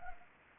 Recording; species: mosquito wingbeat signal from an infrared sensor; Anopheles arabiensis